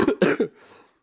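A quick run of three short, forceful coughs within about half a second, then the sound fades to near silence. These are brief, dry-sounding expulsive bursts from an adult man who is ill again with an illness of unknown cause, without fever, in a small indoor room.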